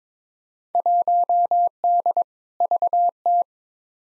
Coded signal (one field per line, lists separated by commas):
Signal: Morse code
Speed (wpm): 22 wpm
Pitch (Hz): 700 Hz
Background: none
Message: 1D VT